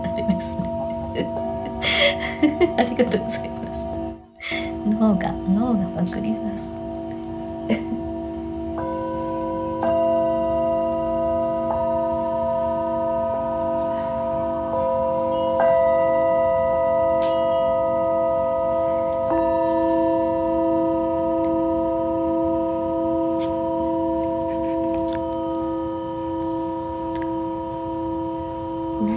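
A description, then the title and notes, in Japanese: A Tibetan singing bowl rings with long, steady tones that layer and sustain, several pitches humming together and swelling gently from about ten seconds on. The first few seconds hold brief irregular sounds, possibly a voice, with a short silence near four seconds before the ringing settles in. 深夜のシンギングボウルのサウンドヒーリング。チベタンシンギングボウル。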